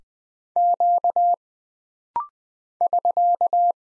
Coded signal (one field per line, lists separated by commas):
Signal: Morse code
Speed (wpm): 20 wpm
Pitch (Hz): 700 Hz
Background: none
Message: Q <SK>